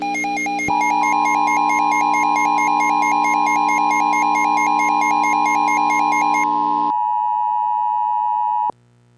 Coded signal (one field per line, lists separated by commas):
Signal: Emergency Alert System (SAME) tones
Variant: 853 and 960 Hz attention tone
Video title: Eas 2